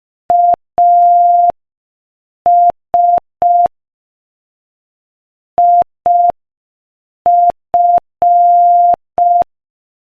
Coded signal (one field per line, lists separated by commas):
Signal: Morse code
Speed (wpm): 5 wpm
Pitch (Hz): 700 Hz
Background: none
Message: AS IF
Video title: Morse Code Practice: 5 wpm Inspirational Quote 6